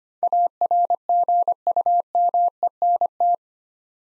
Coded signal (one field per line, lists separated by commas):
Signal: Morse code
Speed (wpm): 25 wpm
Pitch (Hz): 700 Hz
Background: none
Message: ARGUMENT